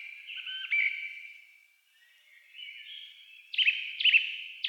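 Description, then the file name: Song thrush song: varied whistled and twittering phrases around a brief pause, ending with a loud clear note repeated about three times. Recorded on 28 April 2010. "Singdrossel Turdus philomelos 20100428"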